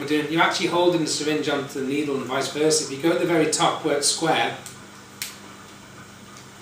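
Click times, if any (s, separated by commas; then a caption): 5.2 s. Someone talks, then grips the square top of a needle hub where it meets a plastic syringe tip and pulls. The needle pops off the syringe with a short, sharp snap at 5.2 s, followed by quiet.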